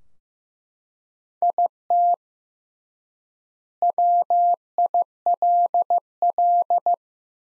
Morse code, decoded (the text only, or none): IT WILL